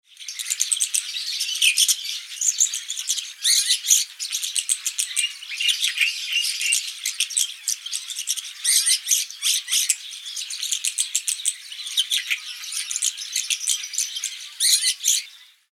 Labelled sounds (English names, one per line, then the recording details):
Rosy Starling
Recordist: Tembrock, Günter
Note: Gesang